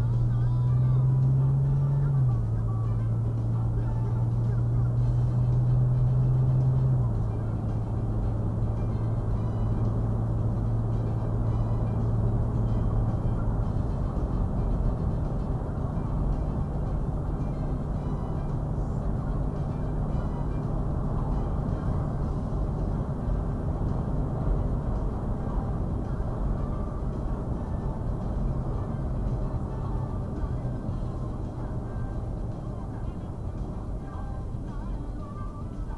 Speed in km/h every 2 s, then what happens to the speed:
55, 63, 69, 74, 79, 82, 84, 84, 84, 84, 84, 82, 79, 76, 72, 64, 55, 40.
0-11 speeds up to 84. 11-21 steady at about 84. 21-34 slows to 40.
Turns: none.